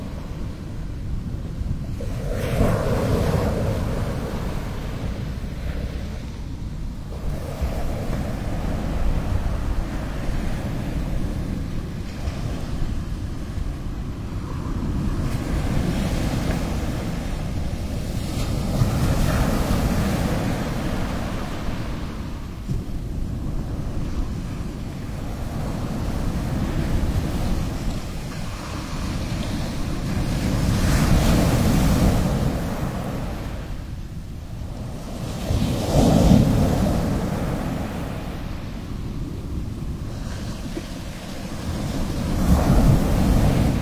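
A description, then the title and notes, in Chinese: Wind and waves roar in a dense, continuous wash, heaviest in the low end, with gusts buffeting the microphone. Swells surge and ease every few seconds, with brighter crashing pushes near 3, 20, 31 and 36 seconds, before settling back into the steady rumble. 风浪声。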